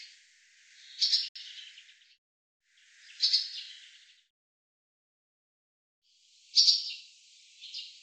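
Barn swallow calls: three bursts of high, slightly buzzy twittering separated by silent pauses.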